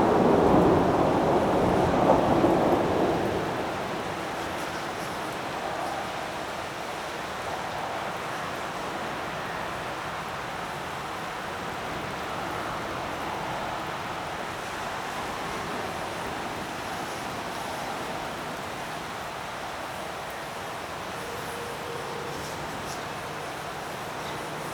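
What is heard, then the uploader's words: Wind roars steadily with a low, rumbling wash throughout, and a louder swell in the first few seconds that could be a roll of thunder. After that the sound stays even and dense, with faint tonal murmurs drifting through the middle. Windy Thunderstorm in the Distance.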